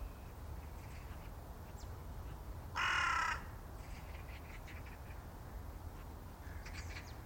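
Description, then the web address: Bird giving a single loud, harsh, drawn-out caw lasting about half a second, with faint chirps from other birds and a low steady rumble behind. "cianscape. Deverinetal 2025. Bird Only"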